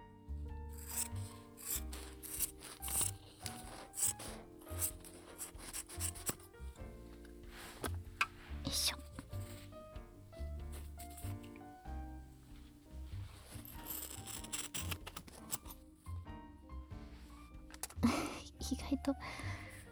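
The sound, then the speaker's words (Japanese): Scissors snipping through cloth in repeated dry, raspy strokes, each cut a short rough swish, set against steady soft background music. “ハサミで 布を切る音。”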